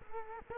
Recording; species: mosquito wingbeat signal from an infrared sensor; Culex quinquefasciatus